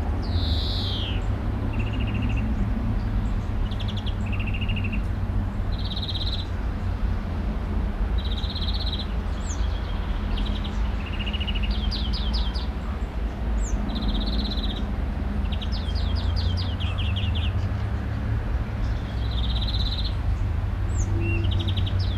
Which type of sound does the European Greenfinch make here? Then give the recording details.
song. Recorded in the wild. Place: Oberstdorf, Bayern, DE. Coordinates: 47.4103, 10.2797. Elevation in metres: 809. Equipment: Uher 4000 Report. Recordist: Tretzel, Erwin